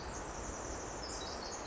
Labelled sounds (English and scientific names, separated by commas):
Pacific Wren (Troglodytes pacificus)